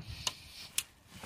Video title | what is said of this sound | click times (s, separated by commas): P000A P0322 VW Golf EPC light. Vacuum leak and Rough engine Running | push that in until it clicks, | 0.8 s